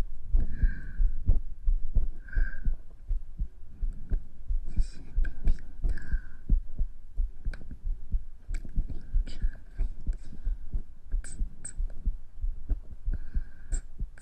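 Heartbeat and breathing of an adult, recorded with a close microphone.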